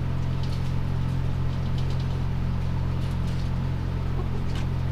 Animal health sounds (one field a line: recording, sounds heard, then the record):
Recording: poultry house recording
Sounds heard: sick chickens (respiratory disease)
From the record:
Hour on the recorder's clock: 0